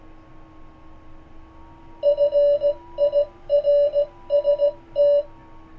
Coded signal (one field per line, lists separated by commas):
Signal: Morse code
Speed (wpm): 17 wpm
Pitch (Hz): 590 Hz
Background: none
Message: FIRST